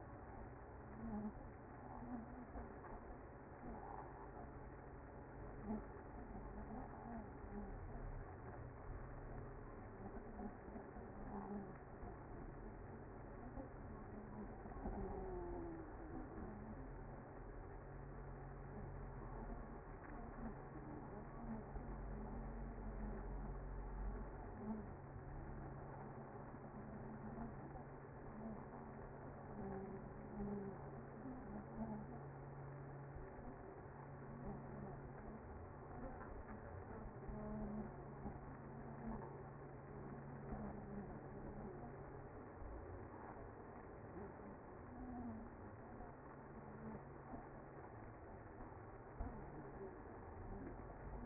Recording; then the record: honeybee colony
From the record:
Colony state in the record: active